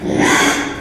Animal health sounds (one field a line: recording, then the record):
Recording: squeal of a Yucatan mini pig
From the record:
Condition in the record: after surgery on the right vocal fold (resection and tissue-engineered implant)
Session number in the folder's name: 3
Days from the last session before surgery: 33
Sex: male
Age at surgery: 12 weeks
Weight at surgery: 13 kg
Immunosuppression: cyclosporine, prednisolone